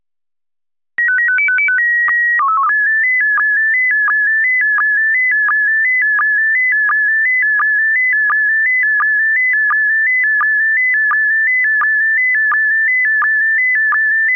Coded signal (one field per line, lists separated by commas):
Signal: SSTV (slow-scan television)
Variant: PD 90